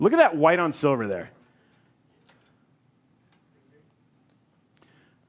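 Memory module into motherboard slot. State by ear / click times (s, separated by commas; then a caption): seated / 4.8 s. A man talks for the first second or so while a memory module is pushed into its slot on a motherboard. Faint ticks follow, then a sharp click at 4.8 seconds as the module seats, a good, solid click.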